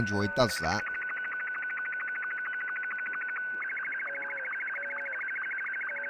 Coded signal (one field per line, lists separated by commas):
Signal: SSTV (slow-scan television)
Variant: Martin 2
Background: speech